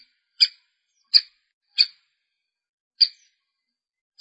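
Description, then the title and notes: Long-tailed shrike calls: five harsh, scratchy single notes separated by pauses. Local name pentet; labelled 201703. "Pentet 201703. Suara burung pentet"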